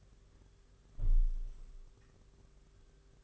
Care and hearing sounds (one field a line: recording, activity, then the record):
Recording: daily activity, microphone in the room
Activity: close window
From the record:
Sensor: 4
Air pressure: 991.2 hPa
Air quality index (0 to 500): 153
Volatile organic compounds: 102 ppm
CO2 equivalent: 3769 ppm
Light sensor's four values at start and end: 6/14/5/6 and 6/13/5/6